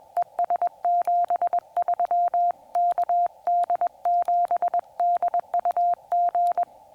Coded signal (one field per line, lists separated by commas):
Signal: Morse code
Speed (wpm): 21 wpm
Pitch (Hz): 700 Hz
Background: none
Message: ES 73 KD7DUG